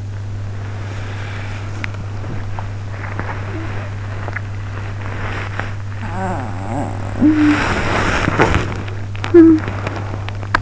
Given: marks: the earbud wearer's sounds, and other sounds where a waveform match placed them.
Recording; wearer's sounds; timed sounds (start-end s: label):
sounds in sleep by an in-ear microphone; breath, body movement, talking in sleep
0.00-2.96 s: breath
2.96-6.05 s: body movement
6.05-7.42 s: talking in sleep
7.42-9.37 s: body movement
9.37-10.62 s: talking in sleep